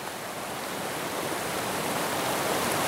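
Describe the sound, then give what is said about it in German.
A river rushes through a narrow rocky gorge at the Rechenfelsen in the Black Forest, where the rock opens about 2-3 meters and stands 30 meters high; a dense, unbroken roar of churning water that holds steady throughout with no voices. “Der Fluss läuft hier auf diesen Felsen zu.”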